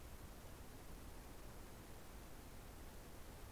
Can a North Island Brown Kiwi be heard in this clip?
no